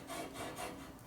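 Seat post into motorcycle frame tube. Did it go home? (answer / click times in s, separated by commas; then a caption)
no / none. A seat post is pushed into the frame tube of a 1942 Harley-Davidson WLC/WLA 45ci motorcycle frame under restoration. Rough rubbing and scraping swells in two broad bursts, around 0.1–0.3 s and 0.4–0.7 s, then fades. Nothing has seated or popped into place yet.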